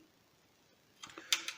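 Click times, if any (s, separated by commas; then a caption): 1.3 s. A CR2032-style coin cell battery is pressed into the metal clip holder on a PC motherboard, a HUANANZHI dual E5-2690 board. After a second of near silence, a few light taps come at about 1.0–1.2 s. The loudest, sharpest click lands at 1.3 s as the battery snaps and seats in the holder, followed by a smaller tap near 1.5 s.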